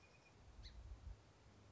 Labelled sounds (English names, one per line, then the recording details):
Song Sparrow
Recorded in Sonoma County, California